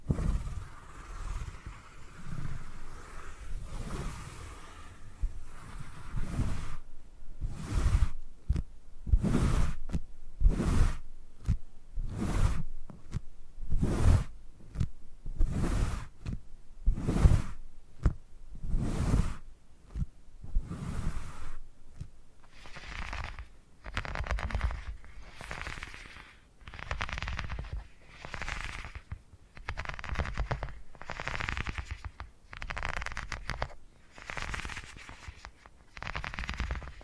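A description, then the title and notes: Rhythmic purring rises and falls in steady cycles of about one per second, each pulse a soft, rumbling burst. The first half is deeper and heavier; later the pulses turn airier and brighter, with quiet gaps between them. ASMR Brain Tingly Purring Triggers for Sleep (No Talking).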